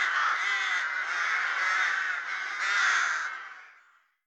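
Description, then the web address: Rook chorus, many harsh overlapping caws forming a dense raucous din that fades out at the end. "IVN Zangvogels. Roek"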